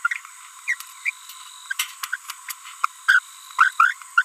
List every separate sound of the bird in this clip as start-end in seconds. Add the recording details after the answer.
0.68-0.74, 1.06-1.10, 1.71-1.73, 2.13-2.16, 3.08-3.19, 3.59-3.71, 3.79-3.93, 4.17-4.22. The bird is a female. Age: 30 days. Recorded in a nest box in Venezuela. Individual 17B42B3